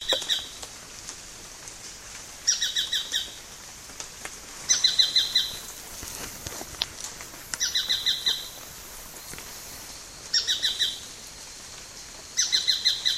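Tacarcuna tapaculo song: short bursts of five or six quick, bright, evenly spaced notes, each burst repeated about every two and a half seconds over a steady background hiss.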